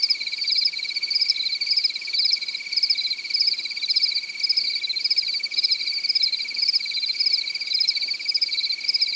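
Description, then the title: Cricket chirping continuously, a shrill pulsed trill with regular accented bursts. "AnimalCricket"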